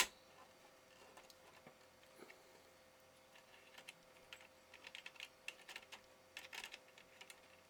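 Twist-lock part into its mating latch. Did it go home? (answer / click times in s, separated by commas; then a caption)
no / none. A twist-lock part is repeatedly twisted and pressed against its mating latch, producing a run of light, dry ticks and taps that grow busier in the second half, with sharper ticks around 5.0, 5.2 and 5.5 s. The attempts fail: the latch does not lock down, and nothing has seated or clicked yet.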